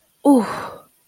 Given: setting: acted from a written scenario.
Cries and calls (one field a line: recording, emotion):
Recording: vocal sound without words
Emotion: pain